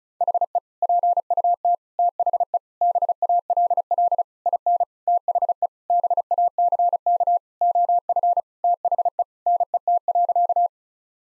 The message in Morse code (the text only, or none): HE PUT THE BALL IN THE BACK OF THE NET.